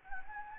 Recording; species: mosquito wingbeat signal from an infrared sensor; Anopheles gambiae